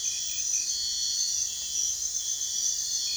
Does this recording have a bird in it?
no